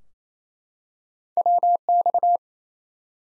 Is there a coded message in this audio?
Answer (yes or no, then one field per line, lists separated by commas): yes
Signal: Morse code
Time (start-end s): 1.4-2.4 s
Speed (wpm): 28 wpm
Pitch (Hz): 700 Hz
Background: none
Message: WX